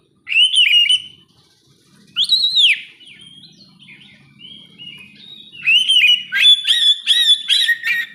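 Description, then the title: Oriental magpie-robin song: loud arched whistles, quiet warbling in the middle, then a fast rhythmic series of sharp repeated whistled notes. "kacer"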